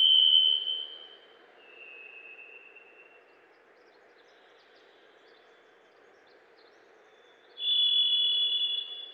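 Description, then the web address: Varied Thrush song: a high whistled tone, then a lower fading tone, a long pause with faint notes, and another high whistled tone near the end. Western North America. "Dan Gibson Wildlife Identification By Sound, Western North America. Varied Thrush"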